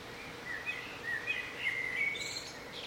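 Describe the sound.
Bird chirps, a quick run of bright twittering notes with a few higher squeaks near the end, over faint steady background noise.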